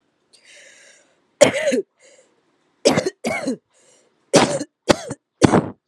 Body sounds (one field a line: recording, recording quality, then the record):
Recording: heavy voluntary cough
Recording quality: excellent, no background noise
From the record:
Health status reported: respiratory illness, not identified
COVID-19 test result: negative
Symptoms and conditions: none ticked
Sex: female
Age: 29 years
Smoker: not ticked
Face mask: not worn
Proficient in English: yes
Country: India